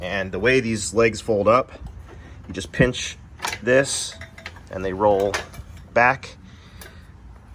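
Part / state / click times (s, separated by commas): folding leg in the frame of a portable workbench / seated / 6.8 s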